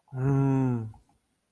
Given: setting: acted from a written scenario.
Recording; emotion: vocal sound without words; anger